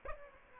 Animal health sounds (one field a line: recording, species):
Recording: mosquito wingbeat signal from an infrared sensor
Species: Aedes aegypti